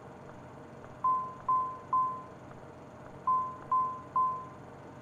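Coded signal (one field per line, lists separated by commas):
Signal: none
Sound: flight sim cockpit chimes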